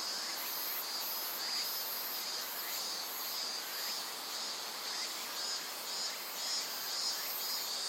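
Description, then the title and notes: Insects calling together, a dense high shrill chorus with pulses repeated about twice a second over steady buzzing. Various insects in a forest of dense trees beside the Azusa River, Shinano River system, Shinshu. "信州、川の森の音. 信濃川水系、梓川へやってきました。 川のそばには木々が生い茂る森があり、いろんな虫たちの声を聴くことができました。"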